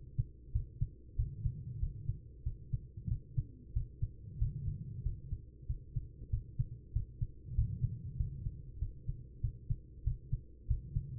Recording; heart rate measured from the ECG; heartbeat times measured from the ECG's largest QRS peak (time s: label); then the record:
heart sounds by stethoscope; 95 bpm
0.52 s: heartbeat
1.15 s: heartbeat
1.79 s: heartbeat
2.43 s: heartbeat
3.08 s: heartbeat
3.73 s: heartbeat
4.38 s: heartbeat
5.02 s: heartbeat
5.66 s: heartbeat
6.30 s: heartbeat
6.92 s: heartbeat
7.54 s: heartbeat
8.16 s: heartbeat
8.78 s: heartbeat
9.40 s: heartbeat
10.03 s: heartbeat
10.67 s: heartbeat
From the record:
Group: healthy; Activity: rest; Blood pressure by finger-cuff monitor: 119/75 mmHg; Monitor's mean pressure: 90 mmHg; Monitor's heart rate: 95 bpm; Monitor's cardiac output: 6.4 L/min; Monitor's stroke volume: 67 mL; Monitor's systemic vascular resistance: 1020 dyn s/cm5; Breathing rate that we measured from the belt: 19 breaths a minute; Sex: female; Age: 43 years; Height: 160 cm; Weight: 90 kg